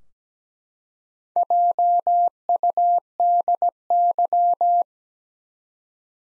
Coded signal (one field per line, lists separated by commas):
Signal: Morse code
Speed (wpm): 17 wpm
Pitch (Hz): 700 Hz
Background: none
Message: JUDY